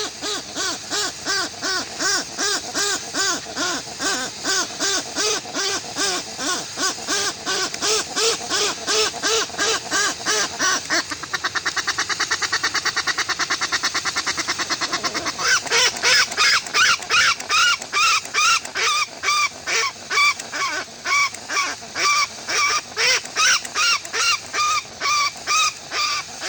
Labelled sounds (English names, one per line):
Westland Petrel